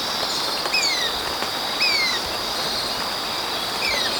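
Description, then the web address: Marañon spinetail giving three thin descending notes at uneven intervals against a loud hissing insect background. Recorded in Ecuador. "Natures Songs S America Birds of Ecuador Marañon Spinetail"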